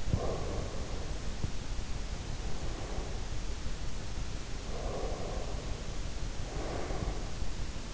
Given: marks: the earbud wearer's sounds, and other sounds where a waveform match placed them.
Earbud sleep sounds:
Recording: sounds in sleep by an in-ear microphone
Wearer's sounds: teeth grinding, breath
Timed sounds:
0.00-0.45 s: teeth grinding
0.00-3.39 s: breath
1.23-1.78 s: teeth grinding
4.59-7.37 s: breath

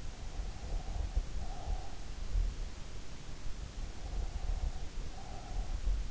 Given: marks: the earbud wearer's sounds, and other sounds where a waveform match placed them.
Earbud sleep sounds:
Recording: sounds in sleep by an in-ear microphone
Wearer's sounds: breath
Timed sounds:
0.13-2.29 s: breath
4.01-5.88 s: breath

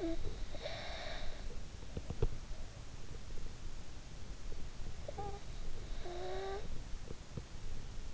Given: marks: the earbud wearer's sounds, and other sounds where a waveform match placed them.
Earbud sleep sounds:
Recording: sounds in sleep by an in-ear microphone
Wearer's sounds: snoring breath, teeth grinding, breath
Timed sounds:
0.00-2.32 s: snoring breath
1.81-2.75 s: teeth grinding
4.94-7.53 s: breath

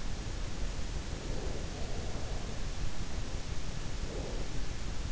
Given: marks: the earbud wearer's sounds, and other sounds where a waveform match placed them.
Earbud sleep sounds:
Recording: sounds in sleep by an in-ear microphone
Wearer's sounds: breath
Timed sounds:
1.21-1.82 s: breath
1.21-3.10 s: sound from someone else or the room
3.91-4.59 s: breath

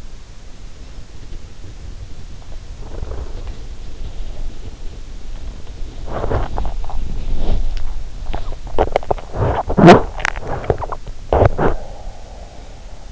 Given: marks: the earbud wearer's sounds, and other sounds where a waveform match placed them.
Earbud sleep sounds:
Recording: sounds in sleep by an in-ear microphone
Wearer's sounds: body movement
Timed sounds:
0.00-13.12 s: body movement

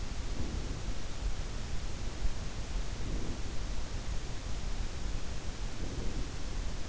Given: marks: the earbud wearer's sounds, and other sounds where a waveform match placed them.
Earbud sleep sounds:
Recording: sounds in sleep by an in-ear microphone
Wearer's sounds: breath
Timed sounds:
0.00-1.22 s: breath
2.52-3.81 s: breath
5.33-6.52 s: breath

